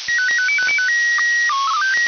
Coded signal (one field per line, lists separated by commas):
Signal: SSTV (slow-scan television)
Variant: PD 120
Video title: First SSTV decoding attempt with SDRplay nRSP st on Wideband mobile antenna VHF